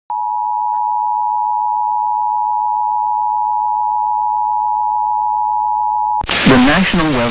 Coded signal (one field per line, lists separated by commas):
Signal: Emergency Alert System (SAME) tones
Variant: 853 and 960 Hz attention tone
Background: speech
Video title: SVR in Mississippi EAS #106